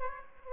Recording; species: mosquito wingbeat signal from an infrared sensor; Aedes aegypti